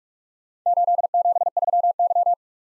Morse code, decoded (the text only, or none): 873Y